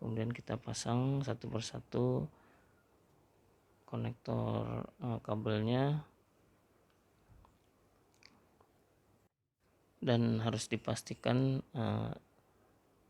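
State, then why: Seated. A plastic wiring harness connector is plugged into its mating connector during reassembly of the front body of a carbureted Honda Beat scooter, and it must be clicked and locked so it won't come loose. Someone talks, then after a few faint ticks a sharp click at 8.2 s marks the connector seating. Someone talks again afterward.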